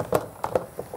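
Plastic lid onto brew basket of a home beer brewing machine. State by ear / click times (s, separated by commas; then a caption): not seated / none. A plastic lid is handled over the brew basket of a home beer brewing machine, with the strainer basket inside. Brief plastic knocks and taps are heard at about 0.0, 0.2, 0.4 and 0.6 seconds. Nothing has seated or clicked yet.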